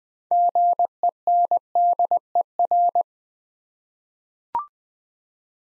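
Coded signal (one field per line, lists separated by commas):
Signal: Morse code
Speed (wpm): 20 wpm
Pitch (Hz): 700 Hz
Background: none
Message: GENDER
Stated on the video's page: Morse practice at 20 wpm: six-letter words sent twice for head-copy, with the first three letters given beforehand.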